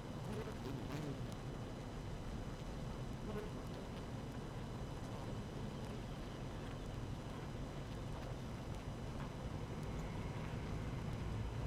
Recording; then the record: honeybee colony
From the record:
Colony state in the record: active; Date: 12 June 2018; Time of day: 6:30